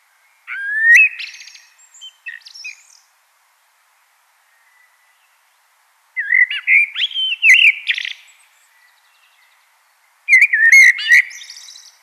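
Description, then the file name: Common blackbird giving three separate song phrases of fluted whistles and squeaky, scratchy twitters, with silent pauses between them. "Turdus merula"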